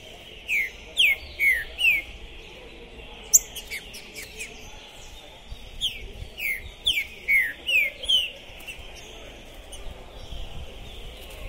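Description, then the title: Green-winged saltator song: loud, clear whistled notes sliding downward, delivered in short bursts of four or more, with many thin high chirps behind. Captive bird at a singing tournament entrance, warming up before a contest, chirping, singing and acting macho (macheando), described as 'possessed'; 2021; called a 'Pistoleiro' bird. "ESQUENTAR Seu TRINCA Piando, Cantando E Macheando Na DISPUTA. Esse TRINCA FERRO ficou POSSUÍDO na PORTA do TORNEIO! Trinca Ferro Pistoleiro 2021!"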